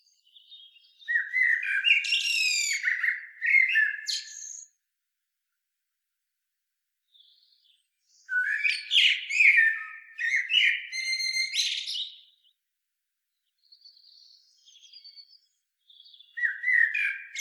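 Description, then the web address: Common blackbird song with repeated phrases a few seconds apart, each mixing deep mellow whistles and shrill squeaky ending notes, soft quiet notes between. "SETE Turdus merula"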